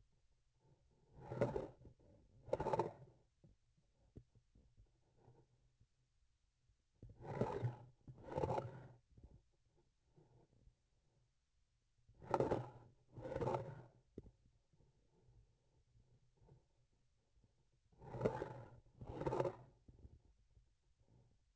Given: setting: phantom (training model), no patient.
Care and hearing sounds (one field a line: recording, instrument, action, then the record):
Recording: laparoscopic instrument, vibration sensor on the handle end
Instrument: grasping forceps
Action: approaching and retracting movements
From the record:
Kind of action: spatial motion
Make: other than Olympus